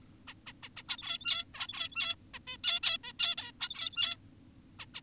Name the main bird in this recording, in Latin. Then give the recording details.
Taeniopygia guttata. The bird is an adult. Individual g17y2U